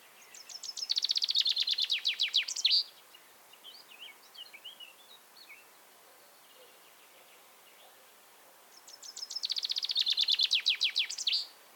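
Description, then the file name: Common chaffinch song: two bright, fast descending rattling phrases, each two to three seconds long and ending in a flourish, separated by a quiet gap with a few faint high chirps. "Fringilla coelebs"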